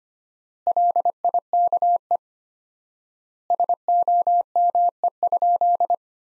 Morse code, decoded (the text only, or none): LIKE SOME?